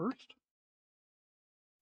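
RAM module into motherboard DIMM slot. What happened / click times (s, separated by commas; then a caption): The memory module is handled but not yet seated / none. A DDR5 RAM module is being handled and pressed one side first into a motherboard DIMM slot. Someone talks briefly at the start, followed by a couple of faint handling ticks and then near silence. Nothing has seated or clicked yet.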